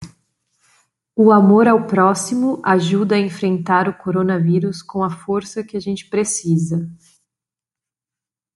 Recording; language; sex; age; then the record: spoken sentence; Brazilian Portuguese; female; 30 to 39 years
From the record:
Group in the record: control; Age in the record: 33 years